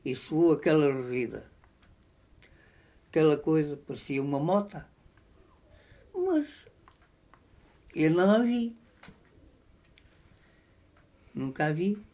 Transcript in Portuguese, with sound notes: ele soou aquela rugida, aquela coisa, parecia uma mota, mas [pausa] eu não a vi. Nunca a vi.